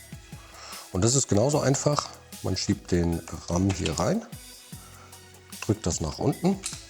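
A memory module is slid into the RAM slot of a Lenovo V17 G2-ITL (82NX) laptop and pressed down toward the two side retaining clips, but nothing has seated or clicked yet. Someone talks over background music throughout, with a brief sharp sound at 5.5 s.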